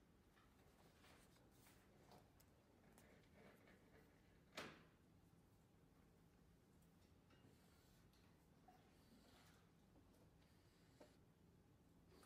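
Quiet library interior with a steady low hum and soft room murmur throughout. A sharp wooden knock, like a drawer or door closing, lands just before the five-second mark, with a few fainter taps and shuffles scattered before and after.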